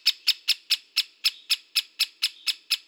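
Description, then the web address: Great spotted woodpecker giving a long, evenly spaced series of sharp, loud 'kik' calls, about four a second, with a quiet background. "Dendrocopos major"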